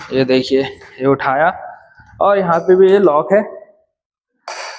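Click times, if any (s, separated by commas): 4.5 s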